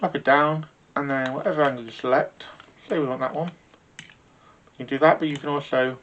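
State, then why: Not seated. Someone talks while handling a US PRO 5861 seal puller, loosening its pivot, dropping the metal head down and picking an angle for it on the handle's spring-loaded angle detent. A few faint, brief ticks sound between the words, the sharpest near 4.0 s. The head has not yet clicked into its detent by the end of the clip.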